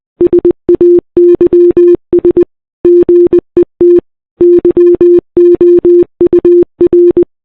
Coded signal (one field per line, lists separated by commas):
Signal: Morse code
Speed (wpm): 20 wpm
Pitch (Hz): 350 Hz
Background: none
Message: SAYS GET YOUR